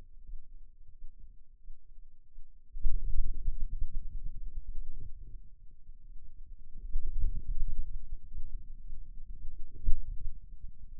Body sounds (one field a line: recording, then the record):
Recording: forearm muscle sounds (acoustic myography)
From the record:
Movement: wrist flexion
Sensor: system 2, bracelet of six BSWA MPA416 microphones around the upper forearm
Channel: 1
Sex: male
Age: 22 years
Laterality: right